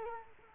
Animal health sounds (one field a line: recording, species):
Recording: mosquito wingbeat signal from an infrared sensor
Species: Culex quinquefasciatus